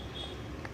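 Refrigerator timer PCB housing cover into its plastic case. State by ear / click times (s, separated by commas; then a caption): seated / 0.6 s. After servicing the frost-free timer PCB of a double door refrigerator, its plastic housing cover is pressed closed into its plastic case so the lock tabs on all four sides engage. One sharp, short click is heard at 0.65 s over low background hum. The housing is locked correctly, which matters because a poorly locked housing cannot be mounted back in the fridge.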